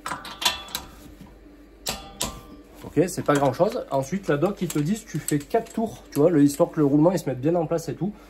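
A click-type torque wrench set to 80 Nm pre-tightens a rear hub/brake fastener on a Scénic 4 during a rear brake disc and pad replacement. A few sharp metallic ticks come first, then the wrench gives a sharp click at 2.2 s, reaching its 80 Nm pre-tightening torque. Someone talks afterward.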